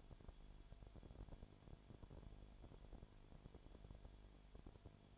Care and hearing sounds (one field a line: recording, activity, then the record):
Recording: daily activity, microphone in the room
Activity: no activity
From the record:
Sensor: 5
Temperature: 20.0 degrees Celsius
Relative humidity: 37.1%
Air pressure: 1007.4 hPa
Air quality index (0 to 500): 83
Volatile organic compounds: 1 ppm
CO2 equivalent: 951 ppm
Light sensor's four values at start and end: 2/3/1/1 and 2/3/1/1